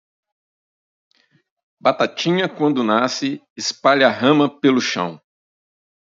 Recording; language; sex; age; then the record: short text; Brazilian Portuguese; male; 50 to 59 years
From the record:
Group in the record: control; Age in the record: 55 years